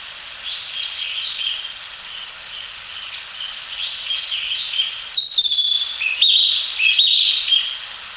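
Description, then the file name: Narcissus flycatcher song: a loud run of clear whistled notes opening with a falling slur, against a continuous high background hiss. "キビタキ"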